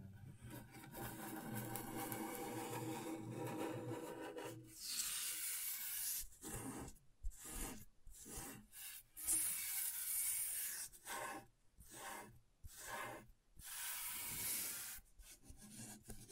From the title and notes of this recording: ASMR Brain Tingling Scratchboard (No Talking).